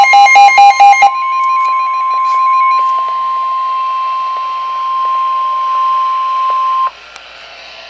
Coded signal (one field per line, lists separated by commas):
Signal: Emergency Alert System (SAME) tones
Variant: 1050 Hz attention tone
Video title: EAS #77 Special Marine Warning 9/3/13 7:00PM